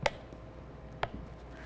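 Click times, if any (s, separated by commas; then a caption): 0.1 s, 1.0 s. A plastic lid is pressed onto a blender container, and its side tabs snap into place with two sharp clicks, one at 0.1 s and another at 1.0 s, over a quiet background with faint low thumps. The lid is confirmed seated, clicked on both sides.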